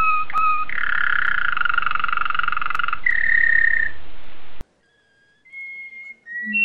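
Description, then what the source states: Canary song: deep bubbling roll followed by a steady whistle, then a break and a few thin, quieter whistled notes. Song described as a combination of Russian and canary song styles.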